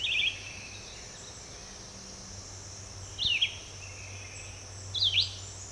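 Red-eyed vireo: songbird singing three brief slurred whistled phrases, widely spaced, over a high insect drone and faint low hum.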